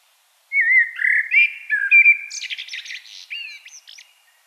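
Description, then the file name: Common blackbird singing one phrase of mellow whistled notes that slide up and down, then breaks into a high, scratchy twittering flourish at the end. "Turdus merula"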